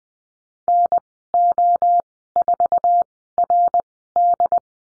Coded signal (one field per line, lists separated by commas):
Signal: Morse code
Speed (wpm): 20 wpm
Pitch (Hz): 700 Hz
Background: none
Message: NO4RD